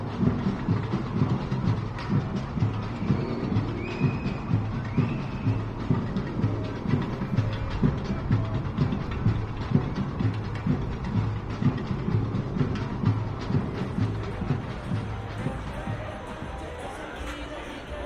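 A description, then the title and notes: Outside a Phillies–Padres baseball game, a dense, steady low rumble pulses rapidly and evenly, with brief high whistles near five seconds, easing slightly at the end. San Diego. In public. At a distance. Record outside the Phillies v Padres baseball game.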